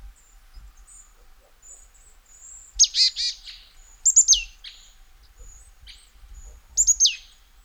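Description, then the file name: Marsh tit calls: a short burst of buzzy nasal notes, then crisp descending high notes, the high notes repeated a few seconds later. "Poecile palustris"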